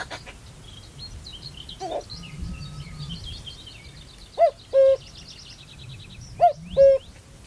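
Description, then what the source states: Common Cuckoo calling cuckoo twice, about two seconds apart, after other birds singing. Male cuckoo, a summer migrant, recorded on a lowland heath in Staffordshire.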